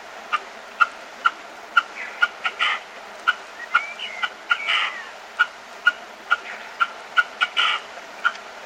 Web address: red-legged partridge